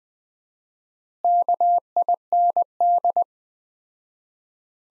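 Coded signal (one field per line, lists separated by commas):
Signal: Morse code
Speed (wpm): 20 wpm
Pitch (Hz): 700 Hz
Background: none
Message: KIND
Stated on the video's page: Morse practice at 20 wpm: sentences from the top 200 words with 4x standard word spacing, a word-level analogue of Farnsworth spacing.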